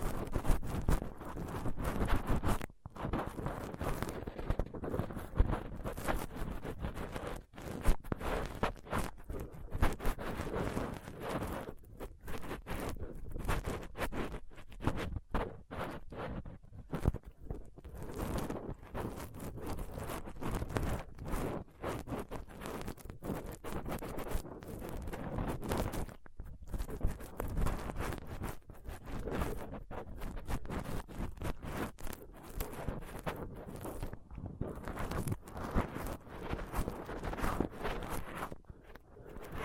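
A microphone is picked at and rubbed with a dental pick, tweezers and a cotton swab, making rough, dense scratching and scraping that runs almost without pause for the whole clip. Sharp clicks and brief dropouts break it up irregularly, with a low thumping rumble underneath.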